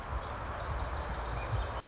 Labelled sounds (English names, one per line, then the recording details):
Pacific Wren
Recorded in Sonoma County, California